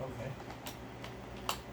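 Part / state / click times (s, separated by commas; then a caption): power head onto vacuum ball base / seated / 1.5 s. Someone talks while a plastic power head is fitted and wiggled onto the ball base of a Dyson Ball Animal 3 Extra (UP30) upright vacuum, with faint handling ticks around 0.7 and 1.0 seconds. A sharp, clear click at 1.5 seconds marks the power head clipping fully into place.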